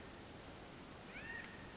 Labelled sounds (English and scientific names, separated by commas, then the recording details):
California Quail (Callipepla californica)
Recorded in Sonoma County, California